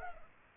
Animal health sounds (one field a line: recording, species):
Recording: mosquito wingbeat signal from an infrared sensor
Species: Culex pipiens